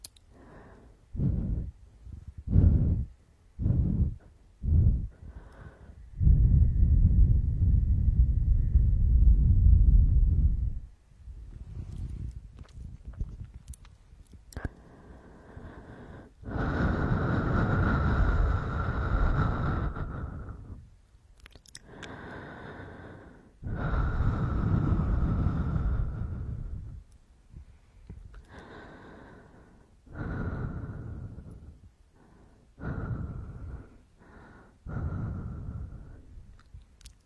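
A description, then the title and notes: Breathing and gasping in uneven bursts: a run of short, sharp gasps in the first few seconds, then long, heavy breaths with a low rushing body. Later breaths carry a raspy, whistling edge, alternating longer exhales with quick catches of breath until the end. The sound of breathing and gasping.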